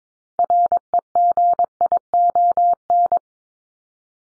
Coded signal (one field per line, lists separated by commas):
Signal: Morse code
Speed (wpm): 22 wpm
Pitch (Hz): 700 Hz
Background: none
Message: REGION